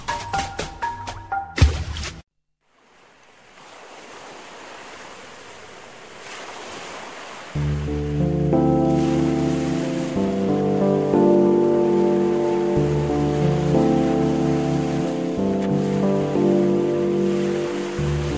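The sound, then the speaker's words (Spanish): A soft wash of ocean surf swells up after a brief clatter, then continues steadily beneath a sustained, gentle music bed that enters partway through. “Déjate acariciar, envolver en este sueño de mar.”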